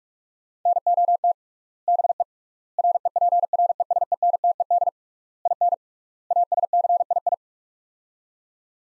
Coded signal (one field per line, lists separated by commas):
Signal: Morse code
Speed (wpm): 45 wpm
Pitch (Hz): 700 Hz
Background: none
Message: NOT BE REPRESENTED IN ASCII